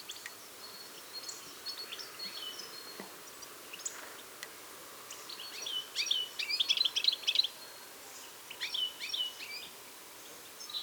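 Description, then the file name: European goldfinch twittering, quiet scattered high notes at first, then bursts of tinkling, buzzy phrases in the second half over a steady background hiss. "Carduelis carduelis"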